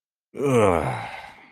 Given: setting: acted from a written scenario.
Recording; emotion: vocal sound without words; contentment